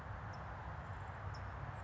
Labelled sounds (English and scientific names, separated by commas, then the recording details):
California Towhee (Melozone crissalis)
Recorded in Sonoma County, California